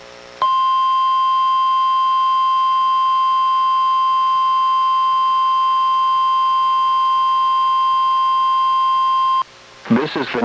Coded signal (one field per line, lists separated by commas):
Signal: Emergency Alert System (SAME) tones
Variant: 1050 Hz attention tone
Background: speech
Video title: EAS #1068: NWR Required Weekly Test- Mar. 5, 2025- 10:59AM PST